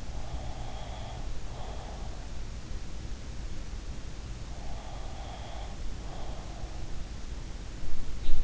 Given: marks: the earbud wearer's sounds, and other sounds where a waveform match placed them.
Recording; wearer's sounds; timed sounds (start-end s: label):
sounds in sleep by an in-ear microphone; breath
0.00-2.16 s: breath
4.65-6.91 s: breath